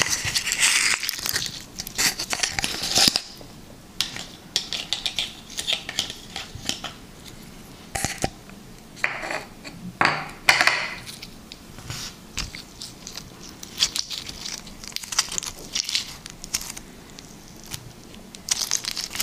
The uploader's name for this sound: Liquid Slime ASMR